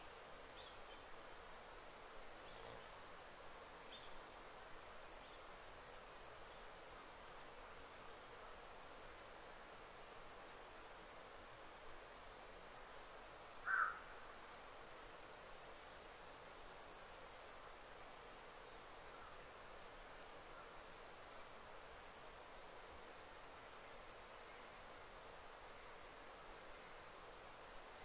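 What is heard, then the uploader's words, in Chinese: A very quiet deep-wild ambience: a soft, steady hiss of air and faint rustling fills the whole stretch without change. A single short bird chirp stands out around fourteen seconds, with a few fainter ticks early on. 林薮呖呖·极静深野。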